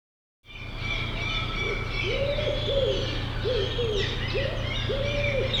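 Bird calls: soft, low hooting coos in quick, uneven runs of arched notes, over a steady low hum, with thin high chirps from other birds.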